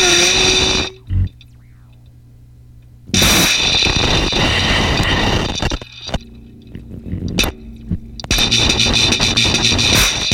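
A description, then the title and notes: Film tins packed with nails, tacks and ball bearings buzz and rattle on top of speakers in dense, harsh bursts at the start, from about three to six seconds, and again near the end. Between bursts, a low steady hum remains, broken by brief sharp clatters. Film tins filled with objects including nails, tacks, ball bearings and other miscellaneous objects. The film tins were then equipped with piezo microphones plugged into amps then placed atop upward facing speakers. Recorded by the reel-to-reel.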